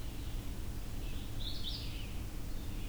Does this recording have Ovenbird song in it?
no